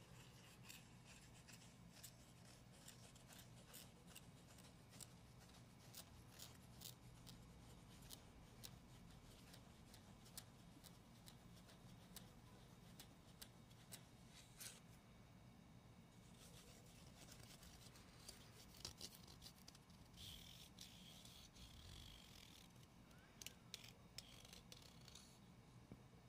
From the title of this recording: ASMR medium gentle tapping and scratching